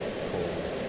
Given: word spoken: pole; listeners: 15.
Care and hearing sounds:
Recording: one English word in noise, from a listening test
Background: speech-shaped noise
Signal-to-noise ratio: -4.9 dB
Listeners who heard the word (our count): 0 of 15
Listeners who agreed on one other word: 10 of 15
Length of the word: 0.49 s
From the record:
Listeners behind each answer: 10, 3, 1, 1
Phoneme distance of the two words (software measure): 17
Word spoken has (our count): 1 syllable, 3 phonemes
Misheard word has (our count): 1 syllable, 4 phonemes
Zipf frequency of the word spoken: 4.31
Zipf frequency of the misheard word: 5.11

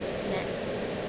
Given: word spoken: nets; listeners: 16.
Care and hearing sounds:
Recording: one English word in noise, from a listening test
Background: speech-shaped noise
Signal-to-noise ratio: -6.6 dB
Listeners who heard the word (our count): 1 of 16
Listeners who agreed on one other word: 11 of 16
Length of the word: 0.69 s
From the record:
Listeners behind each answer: 11, 3, 1, 1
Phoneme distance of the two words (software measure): 17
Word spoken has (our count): 1 syllable, 4 phonemes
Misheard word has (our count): 1 syllable, 5 phonemes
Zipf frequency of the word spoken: 3.71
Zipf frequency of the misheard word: 5.89

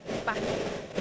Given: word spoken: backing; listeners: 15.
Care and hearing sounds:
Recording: one English word in noise, from a listening test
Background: noise modulated by three-talker babble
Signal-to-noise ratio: -4.7 dB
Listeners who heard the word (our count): 4 of 15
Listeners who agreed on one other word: 8 of 15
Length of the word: 0.61 s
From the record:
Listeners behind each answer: 8, 4, 1, 1, 1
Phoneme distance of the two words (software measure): 27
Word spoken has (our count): 2 syllables, 5 phonemes, stress on syllable 1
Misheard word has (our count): 2 syllables, 4 phonemes, stress on syllable 1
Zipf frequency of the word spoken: 4.18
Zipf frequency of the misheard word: 4.94

